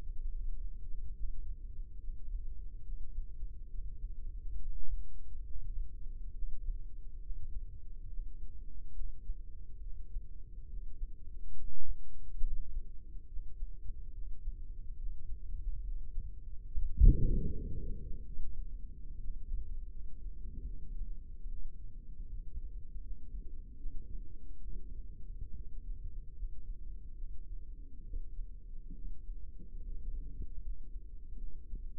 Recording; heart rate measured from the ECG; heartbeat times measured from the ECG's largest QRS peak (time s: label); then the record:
heart sounds by microphone in the left ear; 71 bpm
0.30 s: heartbeat
1.14 s: heartbeat
1.99 s: heartbeat
2.83 s: heartbeat
3.69 s: heartbeat
4.57 s: heartbeat
5.45 s: heartbeat
6.33 s: heartbeat
7.21 s: heartbeat
8.08 s: heartbeat
8.94 s: heartbeat
9.81 s: heartbeat
10.68 s: heartbeat
11.55 s: heartbeat
12.42 s: heartbeat
13.28 s: heartbeat
14.13 s: heartbeat
14.97 s: heartbeat
15.82 s: heartbeat
16.66 s: heartbeat
17.52 s: heartbeat
18.38 s: heartbeat
19.18 s: heartbeat
19.90 s: heartbeat
20.65 s: heartbeat
21.48 s: heartbeat
22.28 s: heartbeat
23.02 s: heartbeat
23.77 s: heartbeat
24.62 s: heartbeat
25.53 s: heartbeat
26.34 s: heartbeat
27.15 s: heartbeat
28.03 s: heartbeat
28.94 s: heartbeat
29.82 s: heartbeat
30.61 s: heartbeat
31.38 s: heartbeat
From the record:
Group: healthy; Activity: Valsalva maneuver 0-19 s, rest 19-32 s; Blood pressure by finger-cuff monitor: 116/60 mmHg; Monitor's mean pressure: 77 mmHg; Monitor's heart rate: 70 bpm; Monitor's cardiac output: 6.7 L/min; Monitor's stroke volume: 94 mL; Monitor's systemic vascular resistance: 830 dyn s/cm5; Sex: female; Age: 22 years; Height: 160 cm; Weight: 63 kg